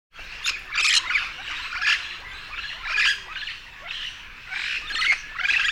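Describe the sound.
Yellow-shouldered parrot squawks, continuous raspy chattering with louder harsh notes roughly every second.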